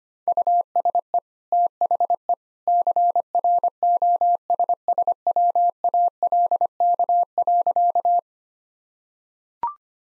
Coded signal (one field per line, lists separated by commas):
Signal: Morse code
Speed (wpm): 25 wpm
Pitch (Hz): 700 Hz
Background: none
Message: USE THE CROSSWALK.